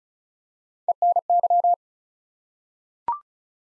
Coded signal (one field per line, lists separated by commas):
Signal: Morse code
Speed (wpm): 36 wpm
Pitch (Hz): 700 Hz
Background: none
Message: ENY